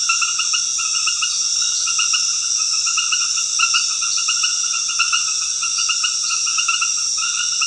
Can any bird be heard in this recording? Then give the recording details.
no. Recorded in dense forest near Puerto Asís, Putumayo, Colombia, on 19 February 2024 at 23:00. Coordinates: 0.496, -76.326. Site G6383